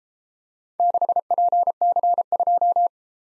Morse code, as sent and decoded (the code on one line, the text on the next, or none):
-.... .--. -.-. ..---
6PC2